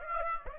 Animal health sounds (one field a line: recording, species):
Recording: mosquito wingbeat signal from an infrared sensor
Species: Aedes aegypti